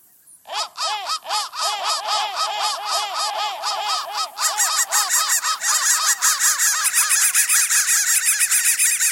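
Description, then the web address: Crow calls: after a short silence, spaced harsh caws start, then quicken into a thick, overlapping chorus of raspy cawing. "soundfactory crow"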